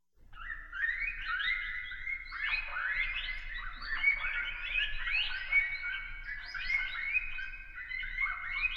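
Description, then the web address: Rats giving shrill squeaks and chattering squeals that rise and fall, overlapping and steady throughout, over a quiet low hum. "1001 Sound Effects. Rats"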